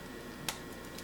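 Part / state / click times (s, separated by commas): motor/cam assembly into talking toy bear's plastic mechanism frame / seated / 0.5 s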